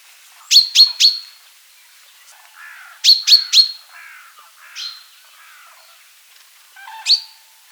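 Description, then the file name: Common chaffinch calling with loud, sharp notes in two quick bursts of three, then single notes, among softer, lower chirps. "Fringilla coelebs"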